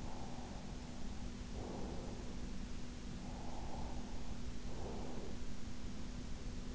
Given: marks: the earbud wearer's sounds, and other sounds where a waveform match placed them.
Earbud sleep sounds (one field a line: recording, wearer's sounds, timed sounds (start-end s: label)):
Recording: sounds in sleep by an in-ear microphone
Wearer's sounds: breath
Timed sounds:
0.19-2.71 s: breath
3.29-5.69 s: breath